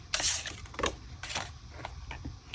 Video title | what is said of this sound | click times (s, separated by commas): SNEAK PEEK! Happy Hibiscus Coming Soon ~ Stampin Up Hybrid Bundle | It doesn't lock into place as well as easy on this side. | 0.1 s